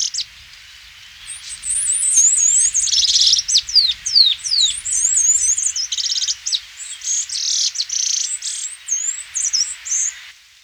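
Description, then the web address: Northern Rufous-naped Brush-Finch giving a rapid jumble of high, sharp, sweeping notes and short buzzy bursts for about nine seconds, densely packed and irregular. Ecuador. "Birds of Ecuador. Northern Rufous-Naped Brush-Finch"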